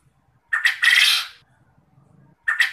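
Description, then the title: Quail calling: a short clipped note followed by a longer harsh, rasping burst, then the pair begins again; otherwise quiet. Quail calling, used to prompt other quail to answer and call actively. "Burung Puyuh Mana Yang Tidak Nyaut Dan Gacor Dengan Pancingan Ini"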